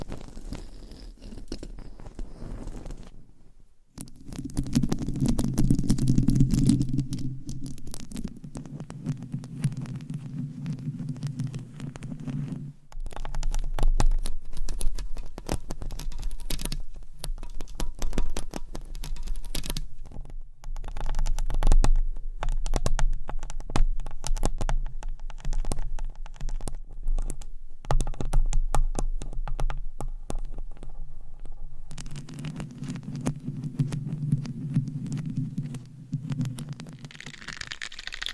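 Scratching and tapping go on almost nonstop, a dense patter of quick, crisp strokes and clicks. A low, muffled rumbling rubs underneath from about 4 to 13 seconds and again near the end, and the sound briefly drops out just before 4 seconds.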